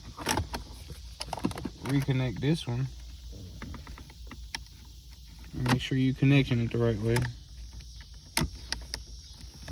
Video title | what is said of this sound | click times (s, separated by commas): 2008 Lexus IS250 Shift Light Replacement | Okay. Heard the little clicks. | 8.4 s, 8.7 s, 8.9 s